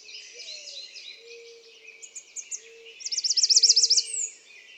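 American redstart singing a rapid run of high, sibilant repeated notes, ending in a thin accented slur, with low drawn-out tones in the background.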